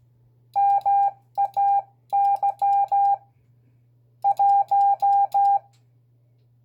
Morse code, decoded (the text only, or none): MAY 1